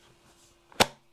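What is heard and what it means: An iPhone 17 Pro Max is pressed into a rigid Mous protective case with shock-absorbing corners. A faint tick comes at 0.7 s, then one sharp, loud snap at 0.8 s over a quiet background. The phone seats fully in the case with a very satisfying snap.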